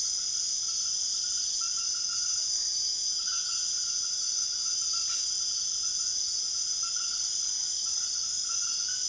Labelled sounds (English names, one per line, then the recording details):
none
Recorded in secondary vegetation near Puerto Asís, Putumayo, Colombia, on 22 June 2025 at 21:00
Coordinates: 0.500, -76.326
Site GP08